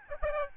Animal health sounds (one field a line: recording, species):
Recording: mosquito wingbeat signal from an infrared sensor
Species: Aedes albopictus